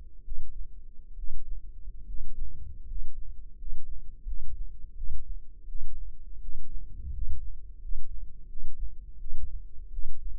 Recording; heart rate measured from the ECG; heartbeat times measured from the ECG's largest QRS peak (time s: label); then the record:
heart sounds by microphone in the left ear; 81 bpm
0.24 s: heartbeat
1.16 s: heartbeat
2.06 s: heartbeat
2.86 s: heartbeat
3.57 s: heartbeat
4.25 s: heartbeat
4.95 s: heartbeat
5.67 s: heartbeat
6.40 s: heartbeat
7.12 s: heartbeat
7.80 s: heartbeat
8.47 s: heartbeat
9.18 s: heartbeat
9.90 s: heartbeat
From the record:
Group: healthy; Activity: rest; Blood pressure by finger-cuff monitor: 130/72 mmHg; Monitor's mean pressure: 86 mmHg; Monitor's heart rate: 83 bpm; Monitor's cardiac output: 7.5 L/min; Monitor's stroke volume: 91 mL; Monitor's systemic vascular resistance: 830 dyn s/cm5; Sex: male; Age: 23 years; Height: 179 cm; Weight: 87 kg